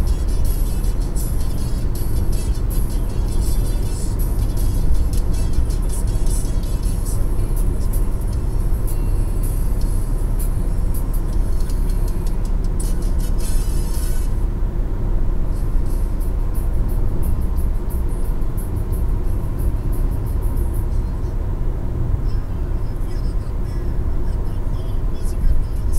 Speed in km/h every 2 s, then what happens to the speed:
124, 122, 120, 119, 117, 118, 118, 117, 116, 115, 115, 115, 116.
0-26 steady at about 117.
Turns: none.